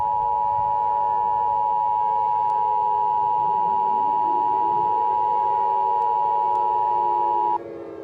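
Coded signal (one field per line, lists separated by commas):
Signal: Emergency Alert System (SAME) tones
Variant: 853 and 960 Hz attention tone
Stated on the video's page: Fictional EAS end-of-the-world scenario, not a real alert.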